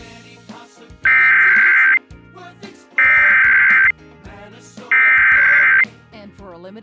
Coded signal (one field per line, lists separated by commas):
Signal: Emergency Alert System (SAME) tones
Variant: header bursts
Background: speech